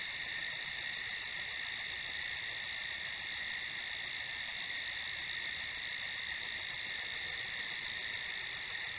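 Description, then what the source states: Crickets sing in a steady, high-pitched chorus, a ringing drone with fast regular pulsing over the top, unchanging throughout. Crickets at night on a farm.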